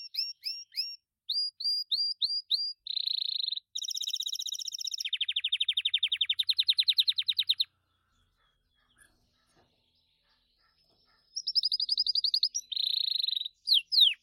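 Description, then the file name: Gloster canary song with clipped repeated chirps, dense trilled rolls and rapid rattles, a pause of several seconds, then more trills and chirps. "canto do canario gloster"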